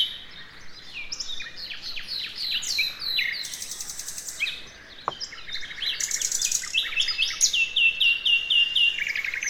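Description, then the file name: Common nightingale song: varied high phrases of whistles and rapid notes, a sharp click midway, ending with a fast series of repeated notes. "Luscinia megarhynchos"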